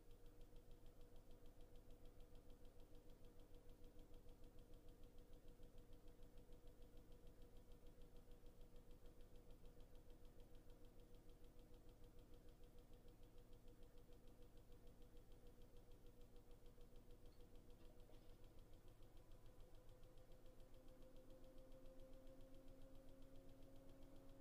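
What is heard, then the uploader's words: A washing machine runs steadily with a deep, continuous motor hum and a fast, regular rumbling pulse throughout. A faint whine holds underneath and rises slightly in pitch toward the end, over a soft, even hiss. Laundry Washing Machine White Noise. The sound of a laundry washing machine as it washes away the dirt and grime of your clothes. The sound of a white noise hum.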